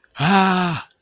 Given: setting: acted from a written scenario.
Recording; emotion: vocal sound without words; fear